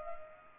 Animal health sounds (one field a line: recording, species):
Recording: mosquito wingbeat signal from an infrared sensor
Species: Culex pipiens